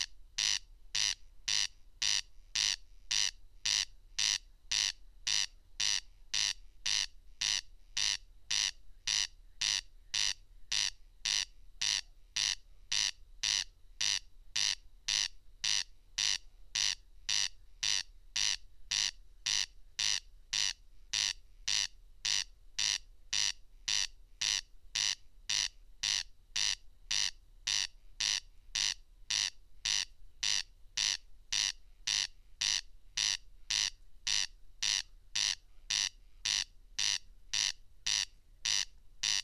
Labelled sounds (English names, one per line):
Corn Crake song